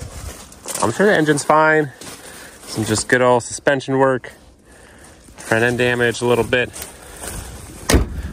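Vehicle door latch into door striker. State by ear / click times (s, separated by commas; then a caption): seated / 7.9 s. A vehicle door is shut on a damaged car at a salvage auction yard while someone talks. The latch catches into the door striker with one sharp slam at 7.9 seconds, and the door locks into place.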